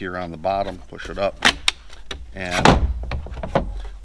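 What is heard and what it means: A Milwaukee M18 cordless handheld blower has its plastic blower nozzle tube released from the blower body by pushing up on the catch at the bottom. Someone talks throughout, and a sharp click at 3.1 s marks the tube coming off the body.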